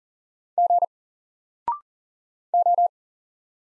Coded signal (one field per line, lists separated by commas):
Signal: Morse code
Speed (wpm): 40 wpm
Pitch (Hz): 700 Hz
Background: none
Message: G O